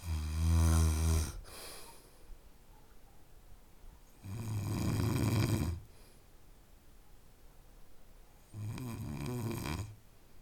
Snore.